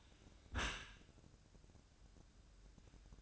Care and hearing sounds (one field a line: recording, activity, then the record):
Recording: daily activity, microphone in the room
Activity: close dishwasher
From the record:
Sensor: 2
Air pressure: 1012.2 hPa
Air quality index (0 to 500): 148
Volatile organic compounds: 2 ppm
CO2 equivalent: 1084 ppm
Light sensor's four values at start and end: 404/1002/407/413 and 404/1001/407/412